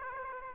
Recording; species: mosquito wingbeat signal from an infrared sensor; Aedes aegypti